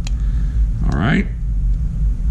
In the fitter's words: Maneuver some stuff around here, get stuff clicked into place. There you go.